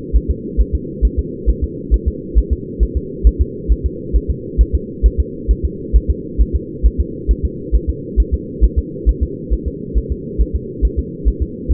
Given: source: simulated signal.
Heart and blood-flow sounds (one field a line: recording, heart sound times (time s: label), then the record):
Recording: fetal heart sounds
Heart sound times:
0.16 s: S1
0.31 s: S2
0.61 s: S1
0.75 s: S2
1.05 s: S1
1.19 s: S2
1.50 s: S1
1.64 s: S2
1.94 s: S1
2.08 s: S2
2.38 s: S1
2.53 s: S2
2.83 s: S1
2.97 s: S2
3.27 s: S1
3.41 s: S2
3.72 s: S1
3.86 s: S2
4.16 s: S1
4.31 s: S2
4.61 s: S1
4.75 s: S2
5.06 s: S1
5.20 s: S2
5.51 s: S1
5.65 s: S2
5.96 s: S1
6.11 s: S2
6.41 s: S1
6.56 s: S2
6.86 s: S1
7.00 s: S2
7.31 s: S1
7.45 s: S2
7.75 s: S1
7.90 s: S2
8.20 s: S1
8.34 s: S2
8.64 s: S1
8.79 s: S2
9.09 s: S1
9.23 s: S2
9.53 s: S1
9.68 s: S2
9.98 s: S1
10.12 s: S2
10.41 s: S1
10.56 s: S2
10.85 s: S1
10.99 s: S2
11.28 s: S1
11.43 s: S2
11.72 s: S1
From the record:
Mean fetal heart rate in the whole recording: 135 bpm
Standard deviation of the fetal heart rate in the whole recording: 3 bpm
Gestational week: 34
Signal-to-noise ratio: -4.1 dB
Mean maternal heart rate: no maternal heart sound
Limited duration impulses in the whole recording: absent